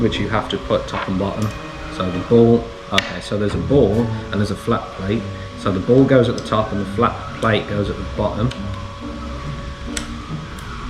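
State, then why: Seated. Someone talks while fitting the ball and flat-plate end pieces onto a plastic airsoft shell for an A&K Winchester 1892 airsoft rifle, with the ball going on top and the flat plate on the bottom. An end piece is twisted onto the shell body and clicks into place with a sharp snap at 10.0 s, seating it.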